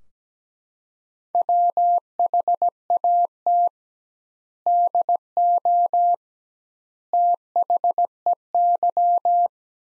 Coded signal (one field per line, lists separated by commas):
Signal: Morse code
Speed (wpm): 17 wpm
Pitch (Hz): 700 Hz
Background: none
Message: WHAT DO THEY